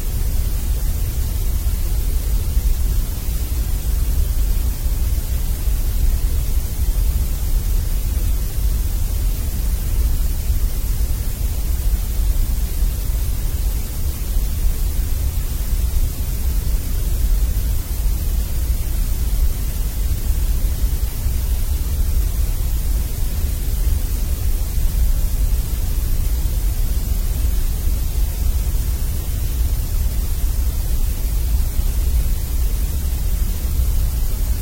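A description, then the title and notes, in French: Steady grey noise runs unchanged for the whole clip, a dense, even hiss with no events or pauses. The sound is weighted toward a deep rumble in the lows, with a softer, airy hiss across the top, and the level holds constant throughout. Bruit gris. Il se compose de différentes tonalités et de niveaux sonores constants.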